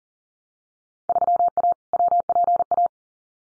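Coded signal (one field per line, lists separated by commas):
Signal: Morse code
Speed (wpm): 38 wpm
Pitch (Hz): 700 Hz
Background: none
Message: 3A WPA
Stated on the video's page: Morse practice at 40 wpm: Field Day exchanges, each sent, spoken, then sent again for head-copy.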